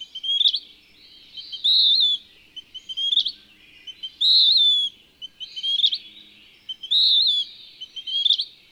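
Western wood-pewee singing: burry, slurred high phrases about every two and a half seconds, with short sharp chips between them.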